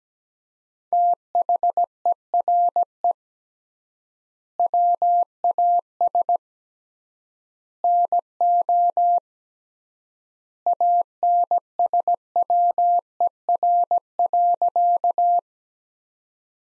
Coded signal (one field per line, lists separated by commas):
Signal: Morse code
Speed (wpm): 17 wpm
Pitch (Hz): 700 Hz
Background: none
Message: THERE WAS NO ANSWER.